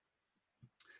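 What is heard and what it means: A click-type torque wrench set to about 2.8 N·m is pulled against a torque analyzer joint in first-peak mode, with a soft low thump near 0.6 s before its mechanism gives a sharp, bright click at 0.8 s. The wrench clicks at its set torque, and the analyzer reading shows the extra torque applied.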